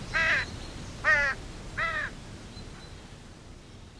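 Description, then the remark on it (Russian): A flock of crows circles high overhead, cawing: three loud, harsh, raspy calls spaced roughly a second apart, then fading into a steady low rumbling background. “Высоко над их головами с карканьем накручивала круги воронья стая.”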